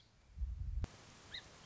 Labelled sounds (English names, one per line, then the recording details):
Song Sparrow
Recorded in Sonoma County, California